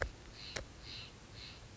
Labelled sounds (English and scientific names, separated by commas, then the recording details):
Steller's Jay (Cyanocitta stelleri)
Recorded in Sonoma County, California